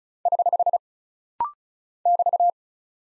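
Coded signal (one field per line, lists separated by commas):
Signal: Morse code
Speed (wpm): 36 wpm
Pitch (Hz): 700 Hz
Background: none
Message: <HH> <BT>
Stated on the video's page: Rapid-fire head-copy drill of single punctuation and prosign characters at 35 wpm, each character sent in Morse twice.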